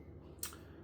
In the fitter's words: has this cap that clicks into place.